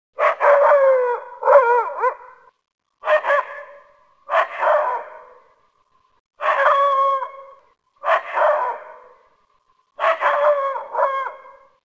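Dog barking, several loud, harsh barks, some doubled, with silent gaps between.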